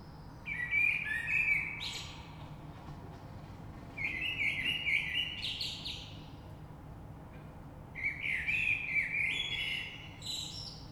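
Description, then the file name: Common blackbird singing three mellow whistled phrases, each rising into a thin scratchy flourish, spaced about four seconds apart, with faint low rumble behind. Recorded 3 March 2020. "Rush Merle"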